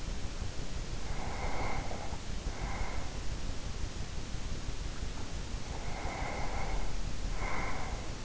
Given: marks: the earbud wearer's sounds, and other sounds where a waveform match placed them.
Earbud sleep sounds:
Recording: sounds in sleep by an in-ear microphone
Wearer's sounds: breath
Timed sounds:
0.82-3.29 s: breath
5.63-8.25 s: breath

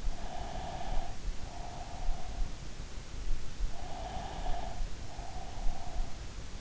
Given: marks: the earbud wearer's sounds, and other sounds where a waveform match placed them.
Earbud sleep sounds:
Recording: sounds in sleep by an in-ear microphone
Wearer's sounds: breath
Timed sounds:
0.00-2.64 s: breath
3.63-6.28 s: breath

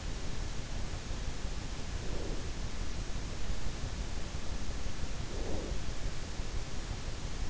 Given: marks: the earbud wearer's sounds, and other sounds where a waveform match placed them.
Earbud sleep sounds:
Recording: sounds in sleep by an in-ear microphone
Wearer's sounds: breath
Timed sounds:
1.66-2.81 s: breath
5.03-6.10 s: breath

